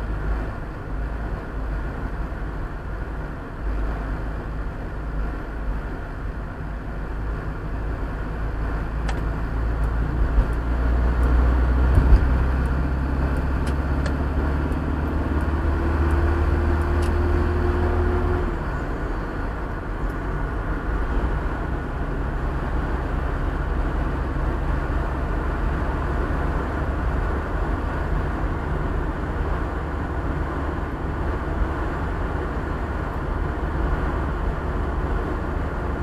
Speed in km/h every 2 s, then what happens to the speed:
41, 41, 41, 42, 43, 48, 52, 58, 63, 64, 63, 64, 67, 69, 70, 72, 72, 71.
0-8 steady at about 41. 8-36 speeds up to 71.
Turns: none.